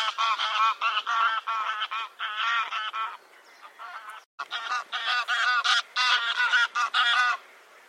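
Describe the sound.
Bird uttering a fast series of harsh honking notes, about two or three per second, in two long runs broken by a brief pause.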